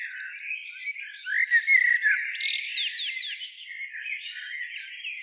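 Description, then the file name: Common blackbird with soft scratchy chatter building to a louder passage of slurred, rising and falling notes before settling back into quiet twittering. "Turdus merula"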